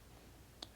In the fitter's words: and now i'm going to snap the valve right onto the stock diverter valve housing